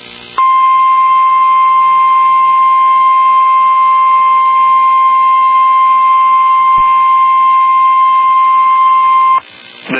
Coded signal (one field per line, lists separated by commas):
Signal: Emergency Alert System (SAME) tones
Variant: 1050 Hz attention tone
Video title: Trouble On Both Sides | EAS Alerts from 7/10/2022 (EAS #1292-1308)